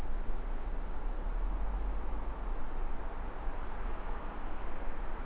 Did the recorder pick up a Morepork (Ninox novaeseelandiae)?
no